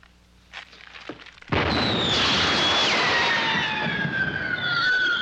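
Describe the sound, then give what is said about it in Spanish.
A few faint thumps, then a gunpowder rocket being tested, its powder chamber very close to a balloon, bursts into a sudden loud blast that becomes a steady, roaring rush, with a shrill whistle sliding slowly downward in pitch. “La cámara de pólvora estaba muy cerca del globo.”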